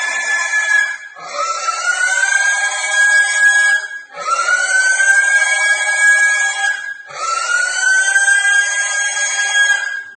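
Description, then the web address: Pig squealing in long, shrill screams that rise slightly at the start, several in a row with brief breaks between. Squealing from fear. "prase pisaso ot strah"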